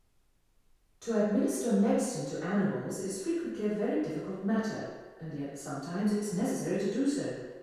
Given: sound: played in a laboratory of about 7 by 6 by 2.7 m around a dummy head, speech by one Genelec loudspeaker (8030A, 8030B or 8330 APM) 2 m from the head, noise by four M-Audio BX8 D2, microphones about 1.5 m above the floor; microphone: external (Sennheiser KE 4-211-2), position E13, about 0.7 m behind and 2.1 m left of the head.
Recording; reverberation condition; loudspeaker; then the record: female speech in English; high; 30 degrees to the left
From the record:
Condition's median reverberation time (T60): about 1300 ms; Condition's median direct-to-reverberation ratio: about -4.0 dB